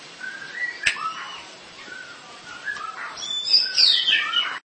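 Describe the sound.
Bird song of soft whistled phrases and slurred notes, growing into brighter, higher warbling near the end, over a faint hiss.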